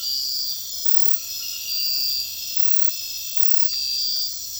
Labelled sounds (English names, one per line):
none